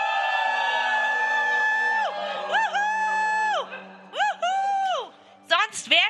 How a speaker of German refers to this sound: Juhu! Wuhu! Juhu! Das geht besser. Juhu! Wuhu! Das setzt frei! Hey, nochmal ein richtiger Jubler! Wuhu! Hey, ich will keine zuhenden Münder sehen. Jubel! Juhu!